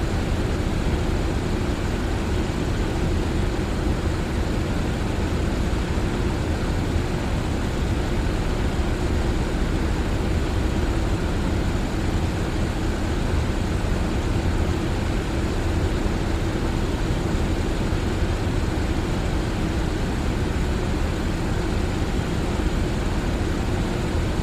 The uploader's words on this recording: Sound Of A Fan For Sleep Or Studying | White Noise.